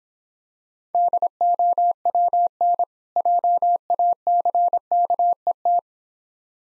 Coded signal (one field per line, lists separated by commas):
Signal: Morse code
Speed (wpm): 26 wpm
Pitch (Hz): 700 Hz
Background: none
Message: DOWN JACKET